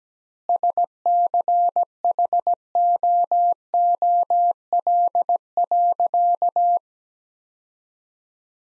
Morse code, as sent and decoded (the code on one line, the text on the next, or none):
... -.-. .... --- --- .-.. .-.-.-
SCHOOL.